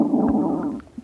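Bowel sounds heard over an adult abdomen through a stethoscope: a brief low rumbling gurgle.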